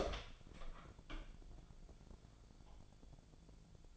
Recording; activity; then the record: daily activity, microphone in the room; open door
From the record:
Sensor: 5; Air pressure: 1000.6 hPa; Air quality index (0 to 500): 152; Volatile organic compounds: 2 ppm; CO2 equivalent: 1171 ppm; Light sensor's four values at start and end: 49/115/48/51 and 49/114/48/51